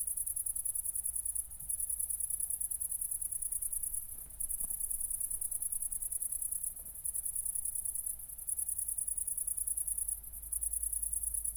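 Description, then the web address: Cricket trilling continuously in fast high pulses, interrupted by brief pauses every couple of seconds, with a soft low rumble throughout. Recorded at night, around 00:53, on 4 August 2014 at Nordring, Kirchmöser, Brandenburg, Germany. "aporee City Country Me Brandenburg Kirchmoeser Nordring Grillen 201408040053 OLBIN"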